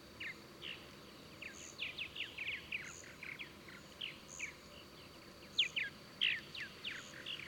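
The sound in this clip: Bird song of quick downslurred whistled notes in an irregular run, over a steady high insect whine and a faint repeated high pulse, with low background rumble.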